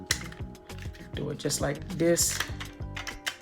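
A second camera battery is repositioned and pressed into the plastic tray of a 2023 Vivitar battery grip for the Canon 90D after first not being seated correctly. Light taps and handling clicks sound throughout, with a sharp tap near 0.1 s, while someone talks. The battery has not seated or clicked into the tray yet.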